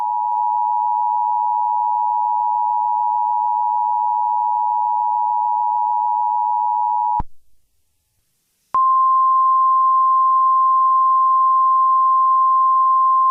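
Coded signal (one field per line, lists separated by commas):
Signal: Emergency Alert System (SAME) tones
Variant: 853 and 960 Hz attention tone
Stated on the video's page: Fictional entertainment EAS mock scenario using valid EAS tones; not a real alert.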